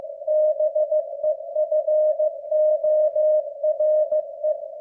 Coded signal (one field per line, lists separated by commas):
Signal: Morse code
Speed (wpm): 15 wpm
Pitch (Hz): 610 Hz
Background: none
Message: BEFORE